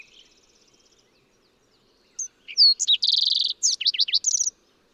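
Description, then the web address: Fox sparrow song, a rich whistled phrase with a fast trill, slurred downward notes and a closing rapid series, after faint high chips at the start. "birdsongforthecurious songs Fox Sparrow"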